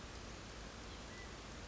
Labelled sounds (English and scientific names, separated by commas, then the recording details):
California Quail (Callipepla californica)
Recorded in Sonoma County, California